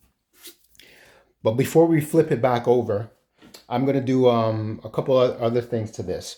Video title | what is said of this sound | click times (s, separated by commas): How to Clean & Maintain Your Neato Botvac Like A Pro: Guide for the D3, D5, D7, D Series | you now push it and once you hear a click you know the emails back in but | 0.8 s